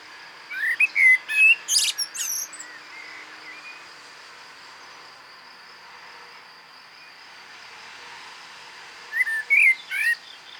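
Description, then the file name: Common blackbird whistling a warbled phrase with sharp high squeaks, then silence for several seconds before a second, shorter fluted phrase, over soft background hiss. "Turdus merula"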